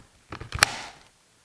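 A compact Milwaukee M18 CP 3.0 18 V lithium battery pack, uncharged from the factory, is slid onto the base of a cordless drill. A few soft scraping knocks are followed by one sharp click at 0.6 s as it latches into place.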